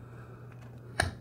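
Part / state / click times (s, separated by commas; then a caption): goggle strap clip into goggle frame / seated / 1.0 s. The plastic strap clip on the second side of a Bunkerkings CMD Blackout Series paintball goggle is pushed back into its frame mount. After a faint tick at 0.5 s, a sharp click sounds at 1.0 s. The clip is seated and won't pull out.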